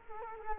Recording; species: mosquito wingbeat signal from an infrared sensor; Culex quinquefasciatus